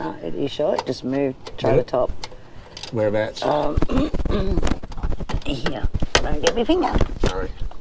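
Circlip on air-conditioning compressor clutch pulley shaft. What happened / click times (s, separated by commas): Handled, not yet home: the retaining clip has not seated / none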